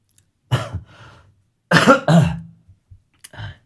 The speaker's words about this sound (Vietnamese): Đọc xong một chuyện thấy mệt quá các bạn. Đang ho mà.